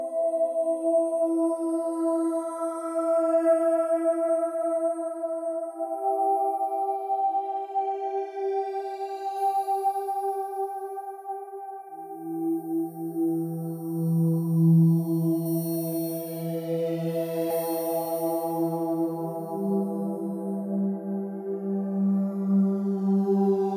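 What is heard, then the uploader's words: Sustained, ringing tones overlap and blend in a Tibetan-style meditation drone, with steady mid-pitched layers that shift slowly rather than change abruptly. From about twelve seconds a deeper, warm hum joins underneath, while faint shimmering overtones drift high above. Volume stays even throughout. Tibetan meditation alpha wave 11hz for relaxed focus.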